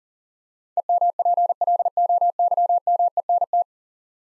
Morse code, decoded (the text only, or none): EMPLOYMENT